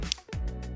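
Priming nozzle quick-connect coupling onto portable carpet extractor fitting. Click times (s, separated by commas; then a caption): 0.1 s. A priming nozzle's quick-connect coupling is pushed onto the fitting of a TMF Extreme Heat portable carpet extractor. A sharp click at 0.1 seconds shows it latching, followed by a low steady hum. The coupling is seated and pulling on the ends verifies it.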